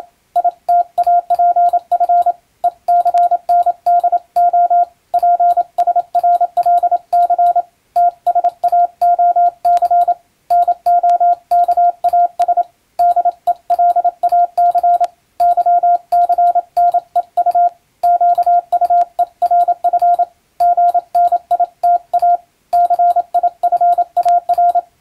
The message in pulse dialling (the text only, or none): none